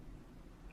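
Beading thread is looped, stitched through its own loop and pulled tight so the knot cinches against the glass beads of a beaded earring post. Only a quiet, low rumbling background and one brief faint tick near 0.7 s are heard. The knot has not clicked tight yet, and nothing has seated.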